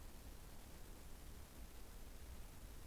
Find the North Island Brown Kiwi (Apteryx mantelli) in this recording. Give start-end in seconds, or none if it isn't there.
none